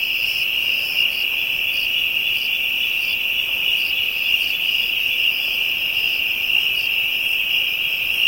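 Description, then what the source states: Insects calling in a dense continuous high-pitched drone, overlaid by softer, higher chirps that come and go in short repeated bursts. African insects; ambient soundscape.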